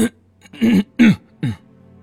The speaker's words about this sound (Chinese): 小兔崽子，你咳嗽什么？